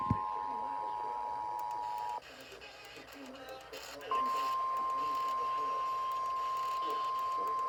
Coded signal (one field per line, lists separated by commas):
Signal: Emergency Alert System (SAME) tones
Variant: 853 and 960 Hz attention tone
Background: speech, music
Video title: EAS Completion #26 EAS Alerts From June 9 2026 EAS 737-754